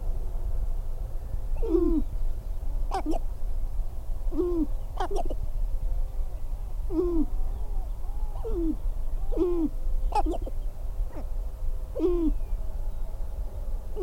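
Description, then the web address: Sharp-tailed grouse calls: short descending cooing notes repeated several times, with a few sharp snapping clicks. "Laura's Natural Sounds Sharp-tailed Grouse"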